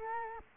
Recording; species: mosquito wingbeat signal from an infrared sensor; Culex quinquefasciatus